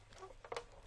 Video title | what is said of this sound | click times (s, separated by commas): From Retro To Right Now®: Fortress of Fangs | don't make it uh it snapped | 0.6 s